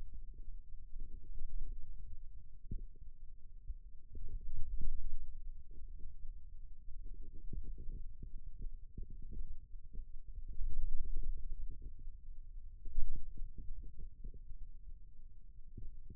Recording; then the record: forearm muscle sounds (acoustic myography)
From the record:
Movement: ulnar deviation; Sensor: system 2, bracelet of six BSWA MPA416 microphones around the upper forearm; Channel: 2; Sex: male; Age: 22 years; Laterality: right